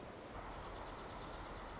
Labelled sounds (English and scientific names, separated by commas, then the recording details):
Dark-eyed Junco (Junco hyemalis)
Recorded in Sonoma County, California